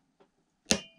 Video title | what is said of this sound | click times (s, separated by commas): Savage 110 Ultralite Build (6.5 PRC) | There's the click, so it means it's maxed out. | 0.7 s